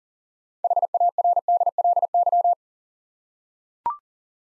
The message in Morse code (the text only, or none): HARDLY